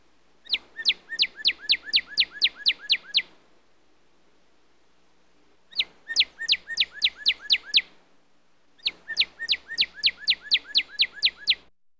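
Northern cardinal singing three bursts of rapid, repeated down-slurred whistles, each phrase about two to three seconds long and separated by short silent pauses.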